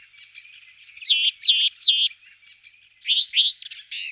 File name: Sykora temna Parus lugubris